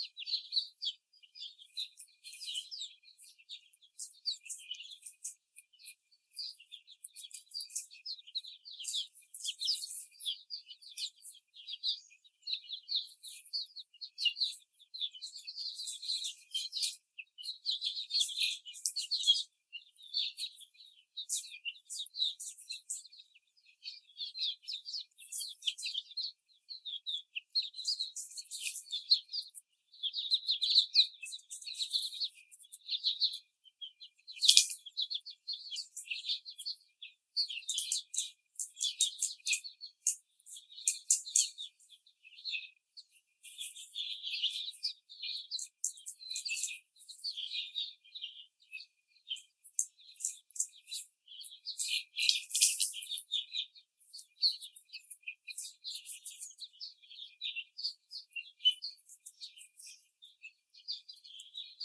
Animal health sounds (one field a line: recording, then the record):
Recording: young laying hens in a cage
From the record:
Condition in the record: before the stressor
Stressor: simulated dog barking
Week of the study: 4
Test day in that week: 3